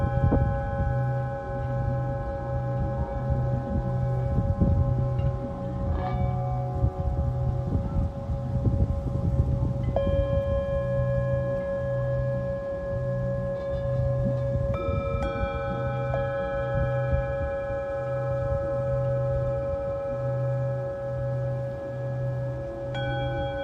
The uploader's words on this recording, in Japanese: メキシコから シンギングボウルのサウンドヒーリング ライブ。